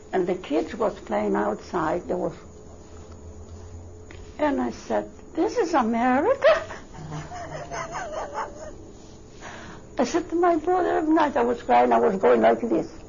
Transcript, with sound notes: And the kids was playing outside, there were. And I said, "This is America?" ( she laughs ) I said my brother. At night I was crying. I was going like this,